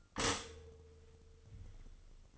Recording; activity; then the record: daily activity, microphone in the room; stop toaster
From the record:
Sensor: 4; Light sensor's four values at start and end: 11/24/10/10 and 11/25/10/11